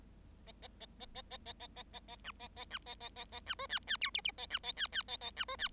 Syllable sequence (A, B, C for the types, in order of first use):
A A A A A A A A A A A B A A B A A A A B C D D E F F A B A D D A A B C D